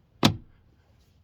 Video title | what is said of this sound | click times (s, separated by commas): Installing LED interior lights on a 5th gen 4Runner 2010-2022 (Present year) | pops right in and that completes the video | 0.2 s